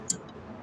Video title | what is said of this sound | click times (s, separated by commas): BMW 5.20 D LCİ F10 FAR AMPULÜ NASIL DEGİSTİRİLİR...F10 TAMPONU NASIL SÖKÜLÜR | yerine oturdu şöyle tam şurası söktüğü demeki gibi aşağı bakacak | 0.1 s